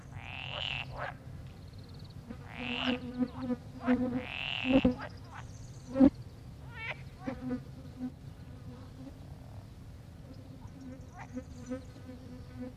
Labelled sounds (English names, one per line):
Pool Frog call